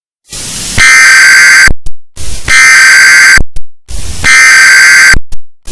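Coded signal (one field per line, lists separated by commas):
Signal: Emergency Alert System (SAME) tones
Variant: header bursts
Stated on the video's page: Joke EAS alert, not a real broadcast.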